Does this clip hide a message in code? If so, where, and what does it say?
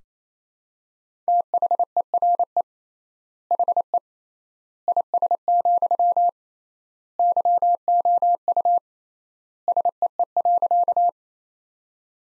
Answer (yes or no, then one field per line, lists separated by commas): yes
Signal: Morse code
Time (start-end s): 1.3-11.1 s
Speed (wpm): 28 wpm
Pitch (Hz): 700 Hz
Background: none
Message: THERE HE IS, YOU SEE.